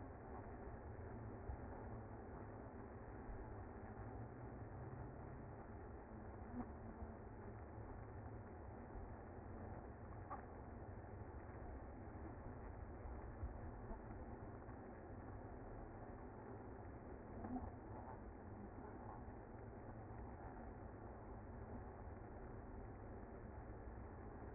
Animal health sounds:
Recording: honeybee colony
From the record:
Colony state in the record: active

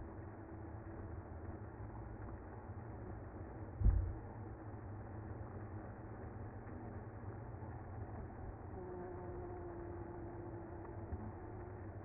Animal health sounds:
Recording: honeybee colony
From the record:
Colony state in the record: active

